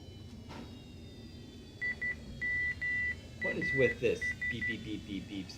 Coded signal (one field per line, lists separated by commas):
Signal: Morse code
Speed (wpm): 12 wpm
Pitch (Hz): 2000 Hz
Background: speech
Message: IMAS